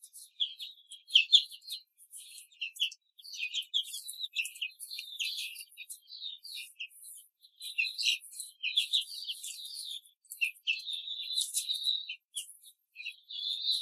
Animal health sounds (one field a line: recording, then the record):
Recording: young laying hens in a cage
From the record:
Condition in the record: control cage, before the stress test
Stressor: none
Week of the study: 4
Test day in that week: 3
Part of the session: 2